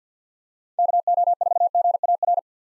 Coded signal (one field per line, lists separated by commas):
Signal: Morse code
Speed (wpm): 50 wpm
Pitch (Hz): 700 Hz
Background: none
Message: KO4GAR